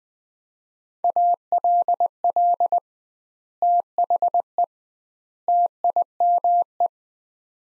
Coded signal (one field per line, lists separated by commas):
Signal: Morse code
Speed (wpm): 20 wpm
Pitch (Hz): 700 Hz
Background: none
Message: ALL THE TIME